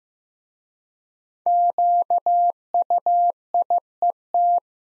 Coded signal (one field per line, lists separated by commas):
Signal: Morse code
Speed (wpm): 15 wpm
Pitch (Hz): 700 Hz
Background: none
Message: QUIET